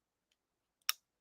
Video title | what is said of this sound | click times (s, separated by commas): Clown Live with Deals and Finds on Shopping Dragons | and when we rotate it it does lock into place and to remove it we just press this button here | 0.9 s